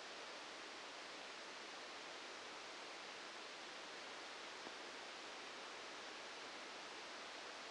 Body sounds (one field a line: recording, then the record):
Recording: brain microelectrode recording played as sound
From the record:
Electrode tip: outside the subthalamic nucleus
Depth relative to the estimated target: -4 mm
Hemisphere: right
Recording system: NeuroSet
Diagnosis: Parkinson's disease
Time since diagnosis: 8 years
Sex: male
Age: 65 years